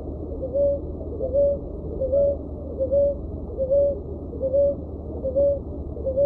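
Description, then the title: Leptotila dove calling with brief, even, low hoots, one note roughly every 0.8 seconds, steady and unchanging, with a soft background hum. "Juriti"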